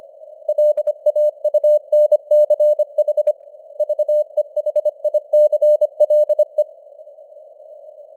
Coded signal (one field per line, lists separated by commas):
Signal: Morse code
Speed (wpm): 25 wpm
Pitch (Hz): 600 Hz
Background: none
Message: LAUNCH VEHICLE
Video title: Morse Code News | 2025-12-03 | 25wpm